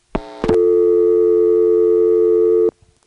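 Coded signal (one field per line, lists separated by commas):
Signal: telephone call progress tone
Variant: North America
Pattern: dial tone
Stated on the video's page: Sounds recorded from the Commerce, Georgia area exchanges: Commerce NX1 and Homer and Braselton XY switches.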